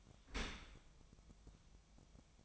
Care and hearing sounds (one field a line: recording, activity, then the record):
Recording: daily activity, microphone in the room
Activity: open dishwasher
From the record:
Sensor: 1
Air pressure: 1004.7 hPa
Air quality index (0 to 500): 117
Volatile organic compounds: 4 ppm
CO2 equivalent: 1619 ppm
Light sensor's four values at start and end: 9/21/8/9 and 9/21/8/9